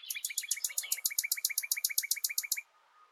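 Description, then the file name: Common nightingale delivering a rapid, even trill of many identical notes over about two and a half seconds, then stopping. "Luscinia megarhynchos"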